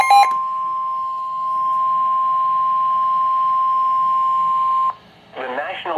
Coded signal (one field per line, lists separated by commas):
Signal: Emergency Alert System (SAME) tones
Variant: 1050 Hz attention tone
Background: speech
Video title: SEVERE THUNDERSTORM WARNING EAS 16 Diego Chavez DFW EAS (READ DESCRIPTION)